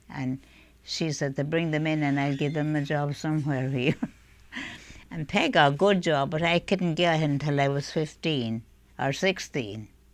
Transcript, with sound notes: And she said, "Bring them in and I'll give them a job somewhere here." ( she laughs ) And Peg got a good job, but I couldn't get until I was fifteen or sixteen,